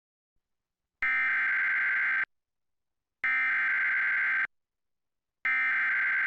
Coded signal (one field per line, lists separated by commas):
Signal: Emergency Alert System (SAME) tones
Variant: header bursts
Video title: TV EAS #8 (EAS #14): Severe Thuderstorm Warning, 6/17/15